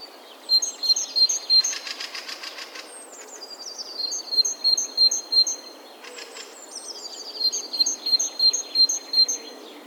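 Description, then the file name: Great tit: three bursts of high, bright notes alternating between two pitches. "Parus major"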